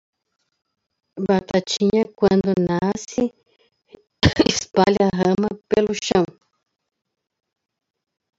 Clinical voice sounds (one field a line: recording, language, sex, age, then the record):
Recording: short text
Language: Brazilian Portuguese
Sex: female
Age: 60 to 69 years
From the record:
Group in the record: control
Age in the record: 61 years